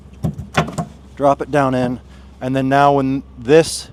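A steel gooseneck hitch ball is dropped into a truck bed's OEM gooseneck socket, and a spring lock snaps back to hold it so it won't come out. A few sharp metallic knocks come early, with the loudest click at 0.6 s, and someone talks throughout. The ball is seated and locked in.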